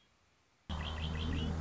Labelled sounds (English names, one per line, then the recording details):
Red-winged Blackbird
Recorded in Sonoma County, California